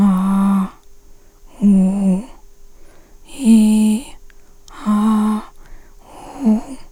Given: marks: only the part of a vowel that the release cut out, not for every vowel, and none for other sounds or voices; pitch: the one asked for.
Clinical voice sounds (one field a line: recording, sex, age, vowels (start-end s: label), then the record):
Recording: sustained vowels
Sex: female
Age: 50 to 59 years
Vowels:
0.00-0.62 s: vowel /a/, normal pitch
1.64-2.16 s: vowel /u/, normal pitch
3.45-3.96 s: vowel /i/, high pitch
4.87-5.38 s: vowel /a/, high pitch
6.14-6.74 s: vowel /u/, high pitch
From the record:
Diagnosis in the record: recurrent laryngeal nerve paralysis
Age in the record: 57 years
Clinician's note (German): Idiopatische Form, beidseitig